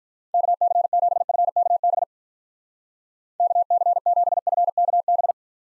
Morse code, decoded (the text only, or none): KC7FKB KC7FKB